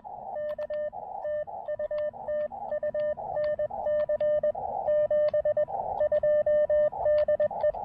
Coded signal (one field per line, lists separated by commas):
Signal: Morse code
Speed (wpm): 20 wpm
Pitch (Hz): 600 Hz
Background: radio noise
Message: K TU TU NC 72 DE